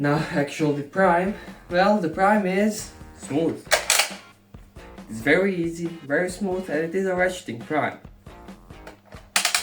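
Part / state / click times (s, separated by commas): priming handle into blaster body / seated / 9.4 s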